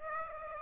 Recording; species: mosquito wingbeat signal from an infrared sensor; Aedes aegypti